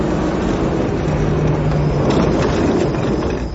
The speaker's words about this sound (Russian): Неожиданно машину занесло к обочине, и мы плавно въехали в кучу гравия.